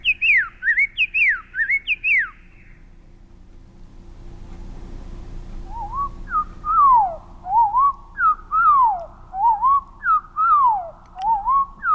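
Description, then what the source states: Common Yellowthroat song slowed down: repeated swooping whistled phrases, first moderately low, then much lower and drawn out, each note clearly rising then dropping. Four-phrase witchety song slowed down, then slowed down even more, revealing each note rising, sometimes rising, falling and rising rapidly.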